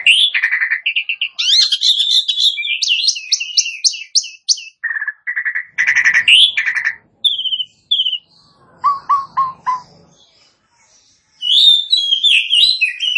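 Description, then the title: Asian pied starling song: dense, varied chatter of repeated chirps, whistled slurs and buzzy notes, then a lower series of notes and a brief lull before it resumes. Starts singing in less than a minute. "Belum Satu Menit Jalak Suren Langsung Bunyi"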